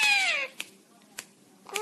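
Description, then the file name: Parrot making a long harmonic call that falls in pitch, followed by two sharp clicks and the start of another call. "singing parrot"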